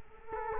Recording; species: mosquito wingbeat signal from an infrared sensor; Culex quinquefasciatus